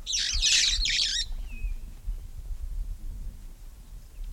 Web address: parrots poicephalus-gulielmi